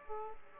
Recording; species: mosquito wingbeat signal from an infrared sensor; Aedes aegypti